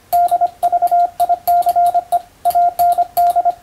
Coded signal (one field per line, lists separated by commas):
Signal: Morse code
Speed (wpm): 25 wpm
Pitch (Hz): 700 Hz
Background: radio noise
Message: DVICE AND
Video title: 【モールス符号を打電せよ！】欧文モールス信号１２５字／分、第一級総合無線通信士の電気通信術の練習です。モールスの受信練習に(practice for radiotelegraph operator)